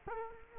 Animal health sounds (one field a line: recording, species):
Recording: mosquito wingbeat signal from an infrared sensor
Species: Culex quinquefasciatus